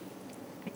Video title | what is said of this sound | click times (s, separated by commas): JewelleryMaker LIVE 31-07-2020 12pm - 8pm | it locks sort of snaps in did you hear that | 0.7 s